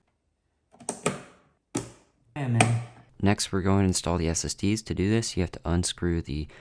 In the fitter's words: push out those two little fins on the sides and you push in until you hear that click